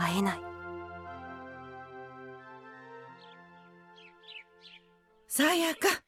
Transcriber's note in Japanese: 鳥のさえずり